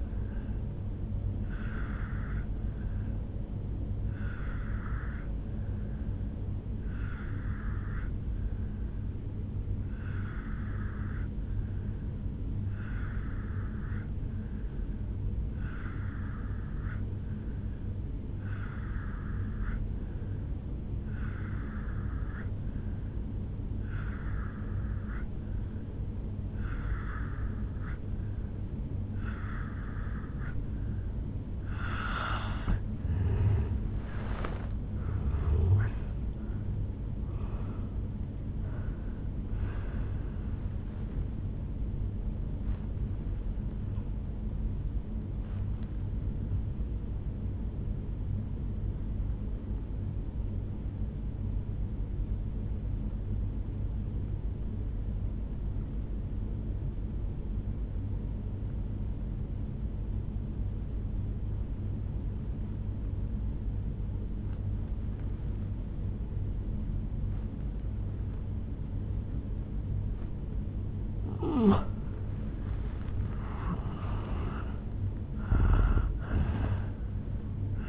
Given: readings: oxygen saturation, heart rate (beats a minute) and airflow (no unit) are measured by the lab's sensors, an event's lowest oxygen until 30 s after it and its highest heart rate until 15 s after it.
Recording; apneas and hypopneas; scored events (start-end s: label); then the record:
breathing in sleep by a smartphone at the bedside; 2
6.00-32.40 s: obstructive apnea (N1, oxygen 94% highest, then 86% lowest, heart rate 66 at the start, 77 highest)
9.00-39.00 s: new sleep stage, N2 (light sleep)
39.00-77.89 s: new sleep stage, N1 (lightest sleep)
49.00-72.40 s: obstructive apnea (N1, oxygen 96% highest, then 86% lowest, heart rate 60 at the start, 76 highest)
From the record:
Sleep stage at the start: N1 (lightest sleep); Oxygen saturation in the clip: 86 to 96%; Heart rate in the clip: 59 to 77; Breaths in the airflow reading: 9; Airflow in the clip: -9.3 to 7.8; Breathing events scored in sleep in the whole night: 449 in 7.0 hours asleep